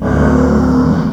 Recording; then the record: squeal of a Yucatan mini pig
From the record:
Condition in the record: after surgery on the right vocal fold (resection and tissue-engineered implant); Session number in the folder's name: 16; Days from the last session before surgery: 183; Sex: female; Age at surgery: 19 weeks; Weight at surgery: 25 kg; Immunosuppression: prednisolone